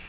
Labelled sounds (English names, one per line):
American Redstart flight call